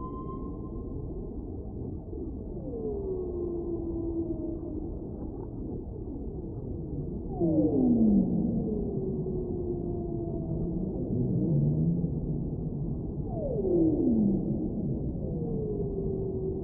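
Whale calls sound underwater: long low moans that slide downward, with sharper descending sweeps near 7, 8 and 14 seconds. Everything stays below a muffled ceiling, over a constant dense rumble of water, and the calls swell louder after the seventh second.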